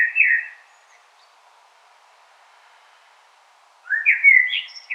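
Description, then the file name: Common blackbird: the tail of a fluty phrase at the start, a pause, then a warbling phrase rising to a high squeaky end. "Turdus merula"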